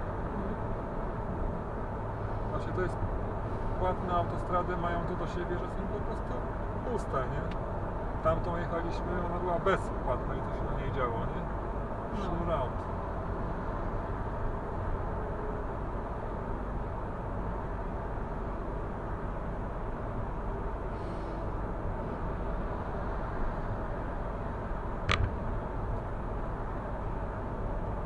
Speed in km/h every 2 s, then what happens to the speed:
86, 86, 86, 86, 86, 86, 86, 86, 86, 86, 86, 86, 85, 85.
0-28 steady at about 86.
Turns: none.